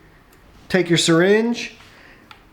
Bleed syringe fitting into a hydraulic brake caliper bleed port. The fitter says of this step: and you want to insert it until it clicks.